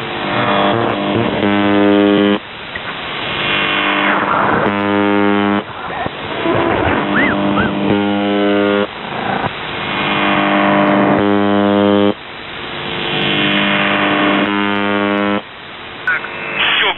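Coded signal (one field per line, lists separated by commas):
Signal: channel marker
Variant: UVB-76 (The Buzzer)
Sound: harsh low droning buzzes of one to three seconds, repeating with short gaps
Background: radio static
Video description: "The Buzzer" is a Russian military radiostation that broadcasts on 4625 kHz.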